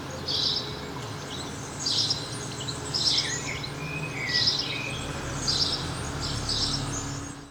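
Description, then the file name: House sparrow chirping, short bright notes repeated roughly once a second, about six in all, over a steady hiss with a few fainter lower notes. "Passer domesticus"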